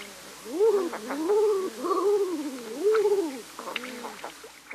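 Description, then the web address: King eider cooing calls: soft arched notes that rise and fall, about four phrases followed by quieter coos. "Songs of Birds of North America Stokes. King Eider"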